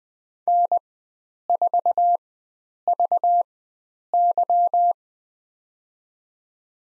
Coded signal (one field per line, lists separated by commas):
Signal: Morse code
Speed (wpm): 20 wpm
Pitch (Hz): 700 Hz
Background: none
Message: N4VY